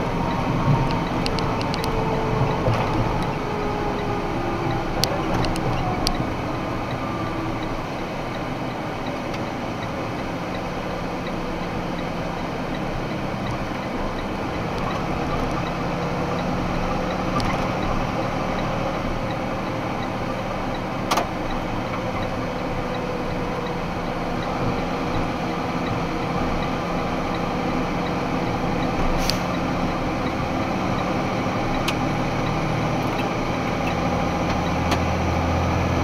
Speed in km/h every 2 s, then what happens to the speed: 88, 84, 74, 62, 54, 50, 48, 51, 54, 55, 52, 51, 49, 50, 52, 55, 60, 61.
0-11 brakes to 48. 17-27 steady at about 51. 27-36 speeds up to 61.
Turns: 7-28.